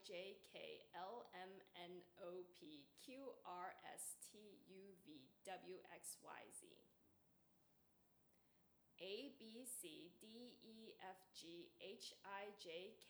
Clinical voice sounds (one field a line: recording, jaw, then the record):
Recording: letters of the alphabet, spoken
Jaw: free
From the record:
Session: seven days later